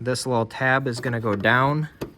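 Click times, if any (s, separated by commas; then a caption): none. A plastic dust cap is being refitted over the headlight bulb on the back of the headlamp housing of a 2012–2017 Hyundai Accent, with its tab set downward before it is twisted to lock. Someone talks throughout, and a brief faint tap comes near 2.0 seconds. Nothing has seated or clicked yet.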